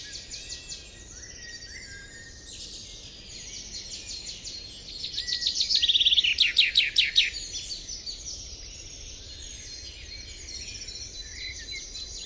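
Bird song: scattered high chirps and trills, with a louder burst of fast repeated sharp notes near the middle, set against steady background noise.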